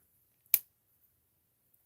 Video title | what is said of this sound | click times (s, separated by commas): CE Tool Den Tool Talk Wednesdays Live Part 2! | I'll show you the snapping. You can probably hear it. | 0.5 s